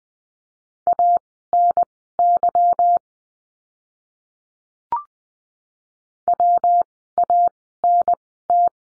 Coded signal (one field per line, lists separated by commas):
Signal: Morse code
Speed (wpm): 20 wpm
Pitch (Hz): 700 Hz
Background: none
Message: ANY WANT